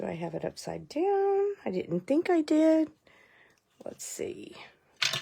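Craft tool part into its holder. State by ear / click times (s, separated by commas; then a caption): seated / 5.0 s. A crafting tool part is fitted into its holder during card making after someone talks, wondering if it is upside down, and tries again. A sharp click at 5.0 s marks the part snapping into place, seated on the retry after it would not snap in at first.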